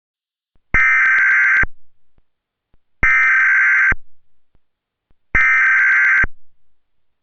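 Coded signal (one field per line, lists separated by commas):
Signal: Emergency Alert System (SAME) tones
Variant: header bursts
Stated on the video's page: Fictional scenario, not a real EAS broadcast; tones may or may not be valid.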